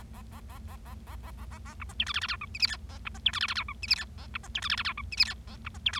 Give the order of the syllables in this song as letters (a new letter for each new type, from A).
A A A A A A A A A A A B C D E F F G H I J K A B C D E F F G H I J K A B C D E F F G H I J K A B C D E